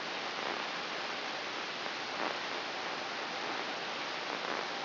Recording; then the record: brain microelectrode recording played as sound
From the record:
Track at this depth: inside the subthalamic nucleus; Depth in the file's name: 5.934 mm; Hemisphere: right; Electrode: 2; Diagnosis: Parkinson's disease